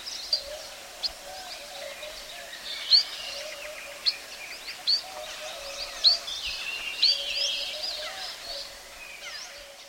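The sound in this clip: White-rumped munia calls: several sharp, thin, high chirps given singly over steady background hiss and a low droning tone.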